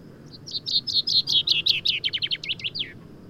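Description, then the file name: Common chaffinch singing a descending, accelerating series of crisp notes that ends in a quick downward flourish. "Fringilla coelebs"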